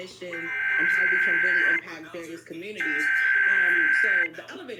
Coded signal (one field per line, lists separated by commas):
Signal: Emergency Alert System (SAME) tones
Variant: header bursts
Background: speech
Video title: EAS 5998-6054 Loads of Tests